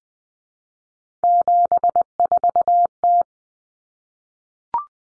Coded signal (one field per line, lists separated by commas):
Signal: Morse code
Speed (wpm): 20 wpm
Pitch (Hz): 700 Hz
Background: none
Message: 74T